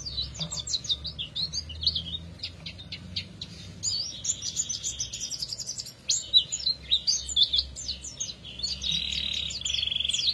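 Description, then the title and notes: Canary song, a busy jumble of high chirps and twitters with a short buzzy trill near the end, over a steady low background hum. Therapy recording for a canary that has stopped singing; F1 canary. "#18. TERAPI KENARI MACET. Kenari F1"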